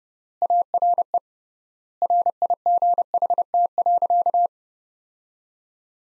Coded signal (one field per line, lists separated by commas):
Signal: Morse code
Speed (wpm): 29 wpm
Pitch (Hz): 700 Hz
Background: none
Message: ARE RIGHT.